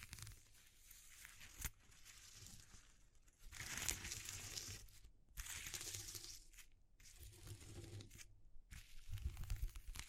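Rough textures being handled: papery tearing and crinkling sounds come in bursts, loudest around four seconds and again near six and eight. Brief silent gaps break the rustling, with sharp clicks near the end and a soft low rumble underneath.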